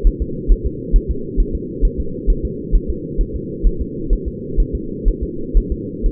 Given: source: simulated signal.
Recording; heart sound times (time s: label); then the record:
fetal heart sounds
0.07 s: S1
0.22 s: S2
0.52 s: S1
0.66 s: S2
0.96 s: S1
1.11 s: S2
1.40 s: S1
1.55 s: S2
1.85 s: S1
2.00 s: S2
2.30 s: S1
2.45 s: S2
2.75 s: S1
2.90 s: S2
3.21 s: S1
3.36 s: S2
3.67 s: S1
3.81 s: S2
4.13 s: S1
4.28 s: S2
4.60 s: S1
4.75 s: S2
5.08 s: S1
5.23 s: S2
5.57 s: S1
5.72 s: S2
6.06 s: S1
From the record:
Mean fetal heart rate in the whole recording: 130 bpm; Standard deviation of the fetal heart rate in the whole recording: 4 bpm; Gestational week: 38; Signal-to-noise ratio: -4.3 dB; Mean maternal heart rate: 72 bpm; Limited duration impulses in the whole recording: present